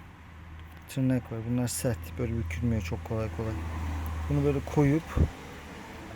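A turn signal stalk switch is handled at the steering column switch housing, where it goes in on stiff plastic retaining tabs, while someone talks over a steady low hum. Nothing has seated or clicked into place yet.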